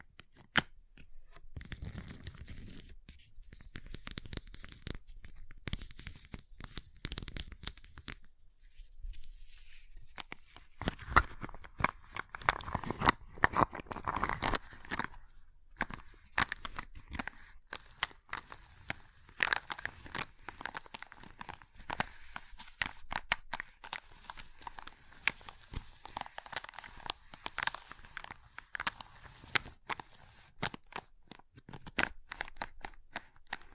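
Ice is tapped, scratched and carved in a steady run of short, sharp clicks and scrapes that crowd together, busiest from about eleven seconds onward. Brief quieter gaps break it near four and nine seconds, and a brighter grinding scrape rises around eleven to fourteen seconds.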